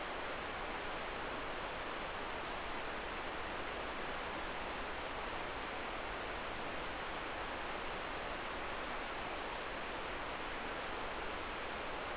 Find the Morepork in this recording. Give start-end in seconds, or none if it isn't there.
none